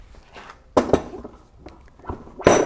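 The metal seat post of a Go Go Elite Traveller 2 Platinum portable mobility scooter seat is dropped into its tube socket, landing with a loud thunk at 0.8 s; it drops straight in with no lever needed. A second knock follows at 0.9 s, with further clunks around 2.1 s and 2.5 s. The seat post is seated.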